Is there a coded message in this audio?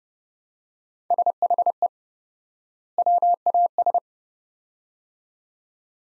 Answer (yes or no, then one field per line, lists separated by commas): yes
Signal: Morse code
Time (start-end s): 1.1-4.0 s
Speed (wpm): 30 wpm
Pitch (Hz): 700 Hz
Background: none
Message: SHE WAS